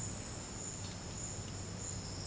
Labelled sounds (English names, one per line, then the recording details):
none
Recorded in secondary vegetation near Puerto Asís, Putumayo, Colombia, on 19 March 2025 at 11:30
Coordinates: 0.502, -76.326
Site G100